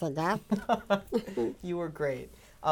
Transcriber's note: he laughs